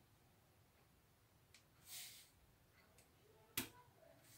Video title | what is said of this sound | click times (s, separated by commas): Mitsubishi Zero Step by Step Part One | So you hear the click. | 3.6 s